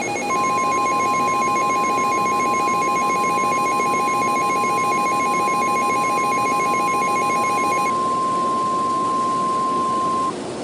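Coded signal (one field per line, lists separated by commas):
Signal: Emergency Alert System (SAME) tones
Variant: 1050 Hz attention tone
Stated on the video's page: Fictional EAS scenario; the alert is simulated.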